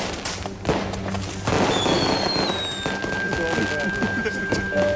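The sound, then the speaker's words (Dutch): Fireworks exploding on New Year's Eve in a dense, loud barrage of crackling bangs and pops, with whistling rockets sliding down in pitch and one long, steady whistle running beneath the bursts. “Vuurwerk.”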